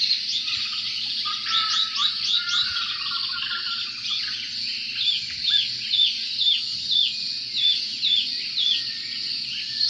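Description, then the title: Oriental magpie-robin song: dense, varied chattering phrases at first, then clear whistled notes repeated about twice a second, over a steady low hum. "Kicau Kacer"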